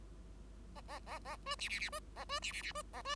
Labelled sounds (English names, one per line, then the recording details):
Bengalese Finch song
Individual Bird5